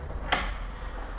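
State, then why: Seated. A properly installed Brava D362B deadbolt throws its steel bolt all the way into the strike in the wooden door frame. A single sharp click at 0.3 s marks the second click, where the bolt deadlocks instead of stopping against the wood. The bolt is fully thrown and locked in its deadlocking position.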